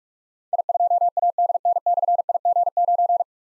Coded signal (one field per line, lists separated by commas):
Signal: Morse code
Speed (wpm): 44 wpm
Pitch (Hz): 700 Hz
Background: none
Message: I2ADN/IG9